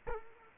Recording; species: mosquito wingbeat signal from an infrared sensor; Culex quinquefasciatus